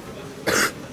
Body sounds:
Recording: coughing mixed with background sound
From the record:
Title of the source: 30 Chesty and wet cough

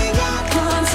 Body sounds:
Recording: coughing mixed with background sound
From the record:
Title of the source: Female coughing - Sound effects

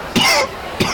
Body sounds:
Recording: coughing mixed with background sound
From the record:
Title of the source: Coughing 60

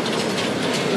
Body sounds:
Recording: background sound without coughing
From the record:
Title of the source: Office Sounds Ambience - Background Noise for Study and Work

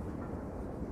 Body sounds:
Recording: background sound without coughing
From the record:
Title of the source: Train Ride Ambience ambient white noise for sleeping, focus, studying, reading

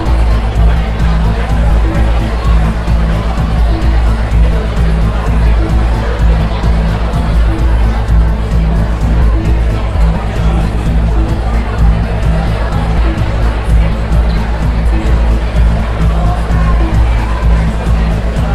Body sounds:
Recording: background sound without coughing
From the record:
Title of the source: Party Noise 1 Hour Party Ambience

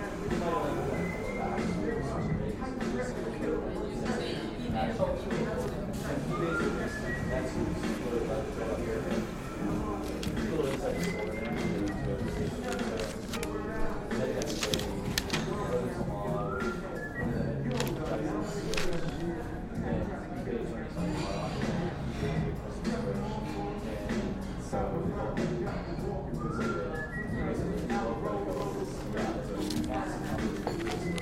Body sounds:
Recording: background sound without coughing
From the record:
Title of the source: 60 minutes of coffee shop sounds for study and concentration

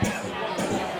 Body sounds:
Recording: coughing mixed with background sound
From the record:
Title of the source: Spring Cold Coughing.

